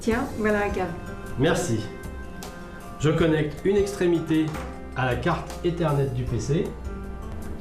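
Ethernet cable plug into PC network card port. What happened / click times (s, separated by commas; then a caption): The cable plug is being handled but has not yet clicked home / none. An RJ45 Ethernet cable plug is handled for insertion into a PC's network card port while someone talks over background music. A faint transient occurs around 2.4 s, but nothing has seated or clicked yet.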